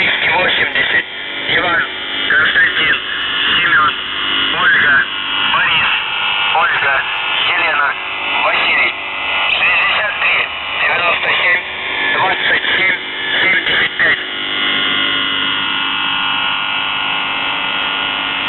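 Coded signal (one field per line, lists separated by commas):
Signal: coded military voice message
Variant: UVB-76, Russian voice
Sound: a male voice reading a message over a noisy shortwave channel with a steady hum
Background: radio static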